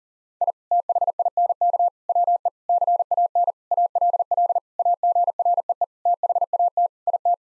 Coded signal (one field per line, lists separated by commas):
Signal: Morse code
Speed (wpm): 40 wpm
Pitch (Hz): 700 Hz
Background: none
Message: I THINK WE CAN ALL AGREE THAT IT